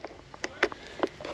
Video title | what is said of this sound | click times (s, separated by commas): Helping Mum with her NEW house - Robot Mower and Internet | and then oh there you go there we go until it clicks boom done | 0.6 s